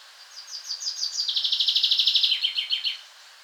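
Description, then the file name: Common chaffinch song: quick, slightly descending chip notes that run into an even, rattling trill, then slow into a few spaced notes at the end, about two and a half seconds long. "Fringilla coelebs"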